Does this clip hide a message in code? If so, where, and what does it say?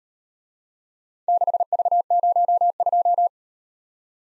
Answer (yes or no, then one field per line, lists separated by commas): yes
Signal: Morse code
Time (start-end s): 1.3-3.3 s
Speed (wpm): 38 wpm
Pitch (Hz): 700 Hz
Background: none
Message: 6V02